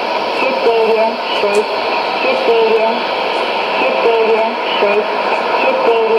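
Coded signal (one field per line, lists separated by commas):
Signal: numbers station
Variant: S06s, Russian female voice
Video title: 02 08 2017 Numbers station S06s Russian Lady in Russian to Eu 0834 on 11565 unknown tx site in CUSB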